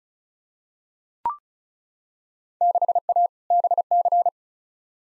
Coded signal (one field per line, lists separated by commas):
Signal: Morse code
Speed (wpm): 36 wpm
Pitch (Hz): 700 Hz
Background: none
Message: 6A BC